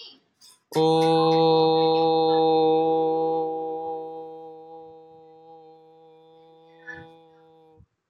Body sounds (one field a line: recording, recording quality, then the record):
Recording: sustained vowel as in boot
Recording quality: excellent, no background noise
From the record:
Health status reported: healthy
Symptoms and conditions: cough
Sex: male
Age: 18 years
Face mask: not worn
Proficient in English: yes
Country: India